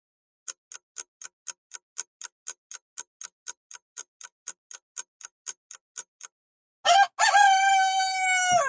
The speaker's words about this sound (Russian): Прокричал пернатый суповой набор за окном. Да-да-да, даже в Кремле есть петухи, как бы это ни звучало странно.